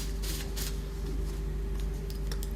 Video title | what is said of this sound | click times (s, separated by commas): Derwent Grate 'N' Shake (Hazneli Rende) | put it back into what the lid clicks in place nice and easy then pop that back on | 2.4 s